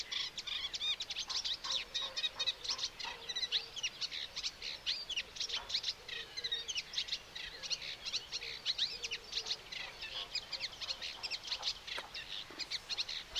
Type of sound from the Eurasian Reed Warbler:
song